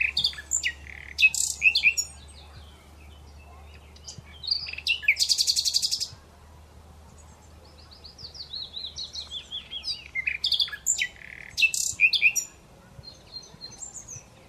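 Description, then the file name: Common Nightingale song with loud chattering bursts, a rasping buzz, then strings of whistled notes and stuttering trills, with brief quiet gaps between phrases. "Luscinia megarhynchos"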